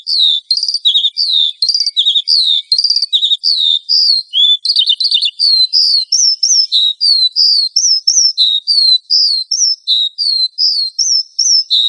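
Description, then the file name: Horsfield's bush lark singing a varied, lively string of high chirps and slurred whistles, changing phrase every few seconds with barely a pause. "suara burung branjangan"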